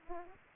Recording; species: mosquito wingbeat signal from an infrared sensor; Aedes aegypti